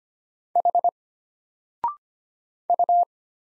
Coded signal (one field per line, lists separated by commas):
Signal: Morse code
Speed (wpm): 25 wpm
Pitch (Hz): 700 Hz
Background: none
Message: H U